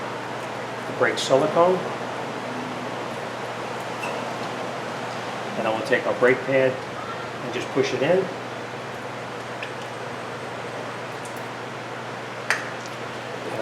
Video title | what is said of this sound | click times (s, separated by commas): How To Replace Rear Brakes 2008 Mercury Grand Marquis / Ford Crown Victoria | And it pops right in. | 12.5 s